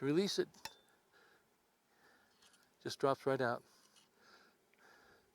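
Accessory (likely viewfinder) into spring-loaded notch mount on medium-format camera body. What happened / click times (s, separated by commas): Handled, not yet home: accessory not yet snapped into its mount / none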